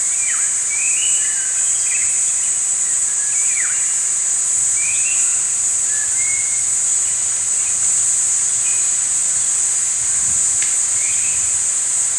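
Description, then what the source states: Birds singing: clear whistled notes, some falling, others rising, at an irregular pace, with a constant shrill insect drone behind. Morning birdsong in a forest.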